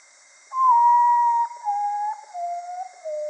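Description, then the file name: Common potoo whistled song: four clear, mournful notes, each lower than the last, falling in steps from a long first note, over a steady faint hiss. "Common Potoo Nyctibius griseus"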